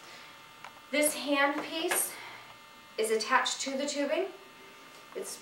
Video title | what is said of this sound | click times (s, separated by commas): Microdermabrasion machine Training Video 1 | on the left one snaps right into place like so | 0.6 s